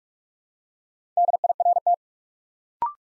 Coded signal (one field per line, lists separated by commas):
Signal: Morse code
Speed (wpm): 44 wpm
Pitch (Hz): 700 Hz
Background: none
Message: DIRT